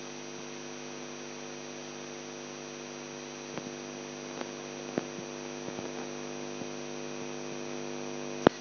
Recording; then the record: brain microelectrode recording played as sound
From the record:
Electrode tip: outside the subthalamic nucleus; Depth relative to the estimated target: -6 mm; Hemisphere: left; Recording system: AlphaMap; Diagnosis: Parkinson's disease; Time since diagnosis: 11 years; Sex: male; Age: 42 years